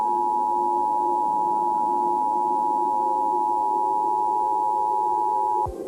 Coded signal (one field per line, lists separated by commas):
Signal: Emergency Alert System (SAME) tones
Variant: 853 and 960 Hz attention tone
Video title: RADIOMETEORA - Asteroid Impact EAS Scenario